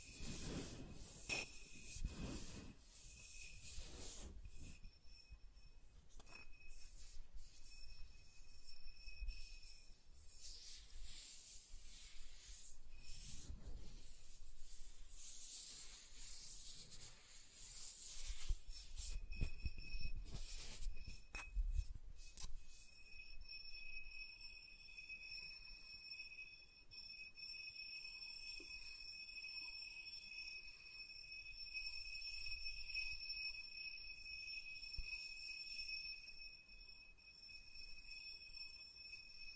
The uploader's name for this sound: Soft Tracing on Smooth and Rough Surfaces